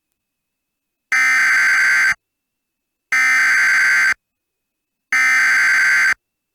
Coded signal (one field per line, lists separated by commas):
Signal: Emergency Alert System (SAME) tones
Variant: header bursts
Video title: The Weather Machine | EAS Mock #23